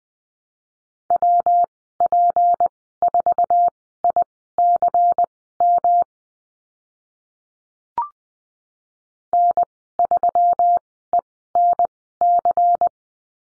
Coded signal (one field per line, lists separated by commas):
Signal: Morse code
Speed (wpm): 20 wpm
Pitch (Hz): 700 Hz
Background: none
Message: WP4ICM N3ENC